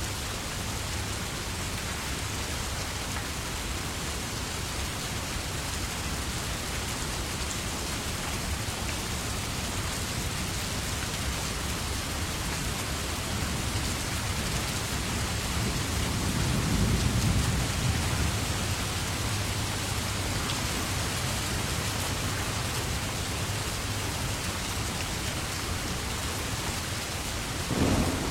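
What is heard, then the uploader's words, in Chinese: Steady, dense rain falls throughout, a constant hiss with a soft low rumble underneath. Around the middle the sound swells slightly, with a deeper rolling patch near seventeen seconds, and a brief sharper patter comes right at the end. 大自然声音助眠：雨声。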